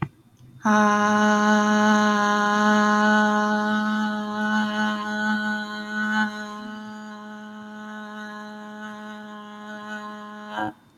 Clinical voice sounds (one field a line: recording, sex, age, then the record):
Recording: vowel held as long as possible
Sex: female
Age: 20 to 29 years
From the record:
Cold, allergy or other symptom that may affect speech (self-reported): no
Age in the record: 21 years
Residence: Arkansas, United States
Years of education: 14